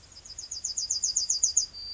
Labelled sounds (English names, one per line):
Yellowhammer song